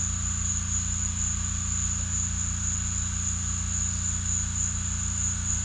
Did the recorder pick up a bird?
no